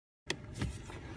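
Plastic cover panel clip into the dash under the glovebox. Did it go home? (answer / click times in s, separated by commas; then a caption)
yes / 0.3 s. After a brief silence, a plastic lower cover panel for a Toyota Camry, hooked at one end into the dash under the glovebox, has its other end pressed in. Its clip snaps sharply into place at 0.3 s, followed by softer handling noise and faint knocks around 0.6 s and 1.2 s. The panel is seated.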